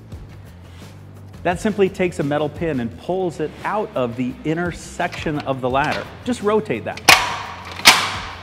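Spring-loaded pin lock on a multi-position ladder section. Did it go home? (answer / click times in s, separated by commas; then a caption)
yes / 7.9 s. Someone talks as the rapid lock on a telescoping section of a Little Giant Leveler ladder is rotated 90 degrees, letting its spring-assisted metal pin go back into the inner section. A loud thump is heard at 7.9 seconds as the lock snaps home, fully seated and locked into place.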